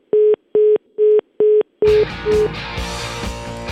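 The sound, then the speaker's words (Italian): A telephone line is dropped, cutting off a caller: four evenly spaced, steady mid-pitched beeps of a busy tone, then a sudden loud, dense wash of sound cuts in and carries on over a fading last beep. “ma devi sempre far così, devi sempre far cadere la linea, far abbassare la gente il telefono, dai.”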